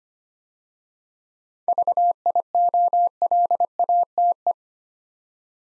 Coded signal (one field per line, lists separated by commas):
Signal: Morse code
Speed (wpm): 26 wpm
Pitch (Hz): 700 Hz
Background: none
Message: VIOLATE